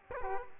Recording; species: mosquito wingbeat signal from an infrared sensor; Culex quinquefasciatus